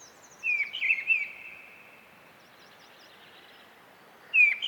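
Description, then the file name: Mistle thrush song phrase, a quick run of fluted, wavering notes, then a pause before the next phrase begins. "British Library - Mistle Thrush Turdus viscivorus"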